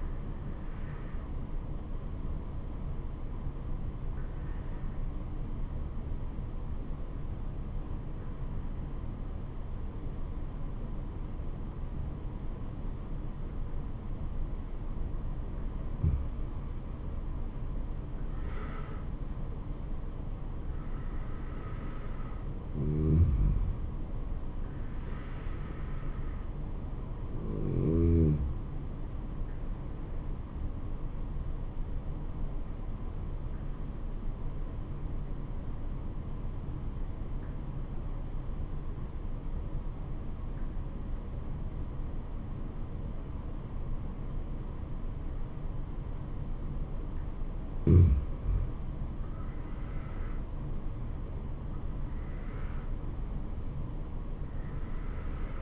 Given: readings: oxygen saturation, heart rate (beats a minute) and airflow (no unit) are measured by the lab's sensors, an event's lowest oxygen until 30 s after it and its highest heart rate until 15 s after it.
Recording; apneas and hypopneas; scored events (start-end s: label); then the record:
breathing in sleep by a smartphone at the bedside; 2
5.00-17.30 s: obstructive apnea (N1, oxygen 96% highest, then 90% lowest, heart rate 71 at the start, 77 highest)
17.00-47.00 s: new sleep stage, N2 (light sleep)
31.00-49.60 s: obstructive apnea (N2, oxygen 95% highest, then 87% lowest, heart rate 71 at the start, 75 highest)
47.00-55.62 s: new sleep stage, N1 (lightest sleep)
From the record:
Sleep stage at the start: N1 (lightest sleep); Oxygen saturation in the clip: 90 to 96%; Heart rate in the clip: 67 to 77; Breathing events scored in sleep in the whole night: 426 in 7.4 hours asleep